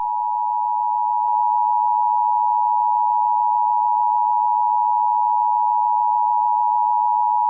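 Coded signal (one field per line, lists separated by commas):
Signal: Emergency Alert System (SAME) tones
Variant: 853 and 960 Hz attention tone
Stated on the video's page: Actual EAS alerts from a NOAA weather radio during a night of stormy weather, recorded on a phone, including a Required Weekly Test.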